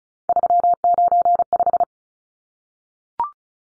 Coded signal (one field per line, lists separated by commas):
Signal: Morse code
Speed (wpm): 34 wpm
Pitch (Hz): 700 Hz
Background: none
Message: 395